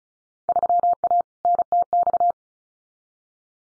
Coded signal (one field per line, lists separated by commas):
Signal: Morse code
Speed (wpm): 36 wpm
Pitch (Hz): 700 Hz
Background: none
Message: 3A NTX